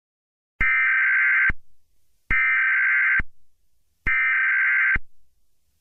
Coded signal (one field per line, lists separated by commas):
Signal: Emergency Alert System (SAME) tones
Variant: header bursts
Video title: EAS Scenario 6 - Evolto Strikes! (PT 1!)